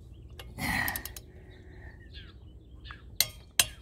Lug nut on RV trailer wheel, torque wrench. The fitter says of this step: right you heard that click that means we're at 110. okay